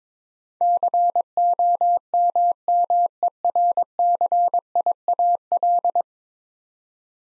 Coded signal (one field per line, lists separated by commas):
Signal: Morse code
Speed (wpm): 22 wpm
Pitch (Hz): 700 Hz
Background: none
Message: COMMERCIAL